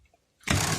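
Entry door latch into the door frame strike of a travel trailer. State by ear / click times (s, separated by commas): not seated / none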